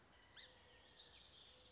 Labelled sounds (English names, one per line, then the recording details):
Song Sparrow
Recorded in Sonoma County, California